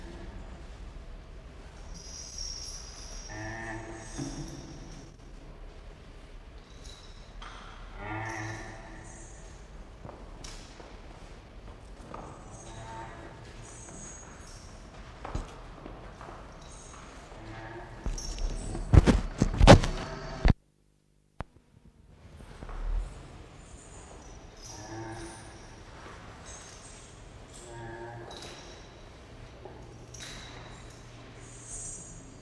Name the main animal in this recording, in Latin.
Rhinoceros unicornis